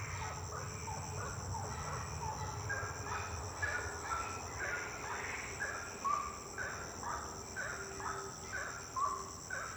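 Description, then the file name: Birds calling in overlapping series of short notes, roughly one per second, with a continuous high-pitched hum and some low rumble early on. Birds singing at night; intense song. "Passaros cantando a noite canto intenso"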